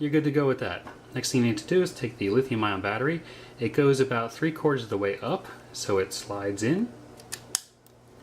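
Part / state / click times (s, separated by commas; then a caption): lithium-ion battery into camcorder battery compartment / seated / 7.5 s. A lithium-ion battery is slid into the battery compartment of a $169.99 4K Ultra camcorder while someone talks over it. The speech ends around 7 seconds, followed by a few faint clicks and a sharp snap at 7.6 seconds as the battery seats.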